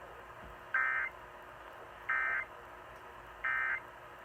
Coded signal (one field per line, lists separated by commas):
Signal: Emergency Alert System (SAME) tones